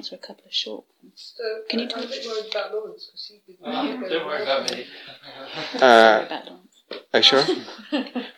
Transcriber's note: students in background